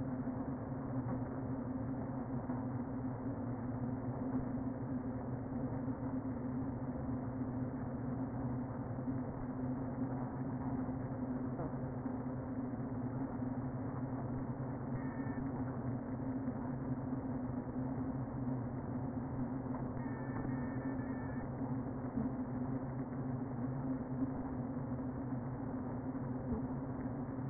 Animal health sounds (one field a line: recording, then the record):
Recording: honeybee colony, microphone inside the hive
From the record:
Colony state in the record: queen present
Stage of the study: before two queens were removed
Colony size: about 60,000 bees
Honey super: yes